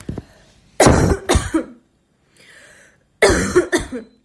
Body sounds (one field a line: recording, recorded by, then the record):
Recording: voluntary cough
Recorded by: messaging app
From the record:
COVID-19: negative